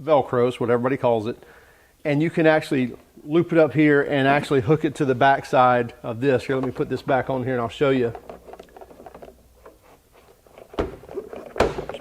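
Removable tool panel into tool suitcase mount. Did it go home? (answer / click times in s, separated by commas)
yes / 11.6 s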